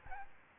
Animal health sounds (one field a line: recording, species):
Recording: mosquito wingbeat signal from an infrared sensor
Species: Aedes albopictus